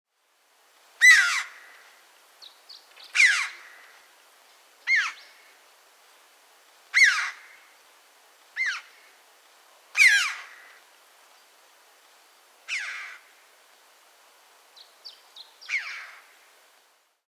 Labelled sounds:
Red-billed Chough (Pyrrhocorax pyrrhocorax)
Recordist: Frommolt, Karl-Heinz
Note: Rufe

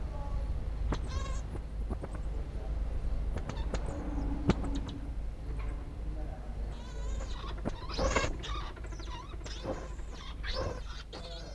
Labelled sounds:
Common Marmoset (Callithrix jacchus) call
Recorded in captivity
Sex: group
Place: Tierpark Berlin, Berlin, DE
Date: 1961-01-11 13:30
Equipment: Minifon, Kopie Smaragd
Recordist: Tembrock, Günter

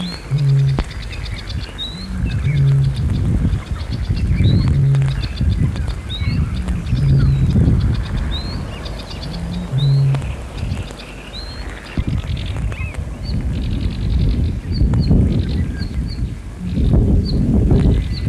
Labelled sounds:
Great Bittern (Botaurus stellaris)
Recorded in the wild
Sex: male
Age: adult
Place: Hähnichen, Teichgebiet Niederspree, Sachsen, DE
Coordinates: 51.3864, 14.8831
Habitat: pond
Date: 1957-04-30
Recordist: Meyer, Hugo

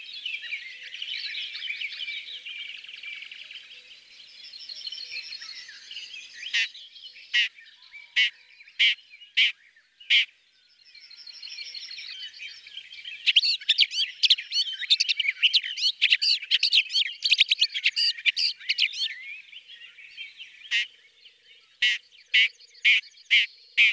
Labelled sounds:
Red-backed Shrike (Lanius collurio) song
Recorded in the wild
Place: Merdingen bis Ihringen / Kaiserstuhl, Baden-Württemberg, DE
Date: 1979-05-26
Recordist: Schwarz, Dieter

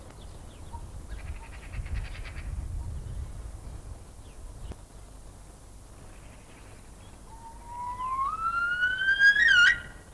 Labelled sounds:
Himalayan Snowcock (Tetraogallus himalayensis) call
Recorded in captivity
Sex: male
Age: adult
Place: Tierpark Berlin, Berlin, DE
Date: 1998-03-28 10:47
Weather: overcast, ca. 10°C
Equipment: Nagra SN, Kopie Uher 4000 Report Monitor
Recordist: Tembrock, Günter
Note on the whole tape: Männchen: Langlaute, dabei steil aufgerichtet und Kurzlaute (Entfernung ca. 10 - 15 m)

